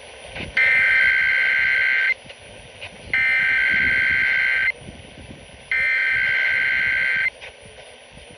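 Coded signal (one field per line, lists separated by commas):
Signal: Emergency Alert System (SAME) tones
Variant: header bursts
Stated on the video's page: Weekly test tones received on a 1020 kHz AM broadcast station.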